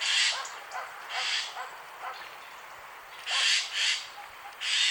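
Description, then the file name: Eurasian jay making loud grating screeches, single and doubled, separated by brief pauses with soft low notes between. "Gaai Garrulus glandarius"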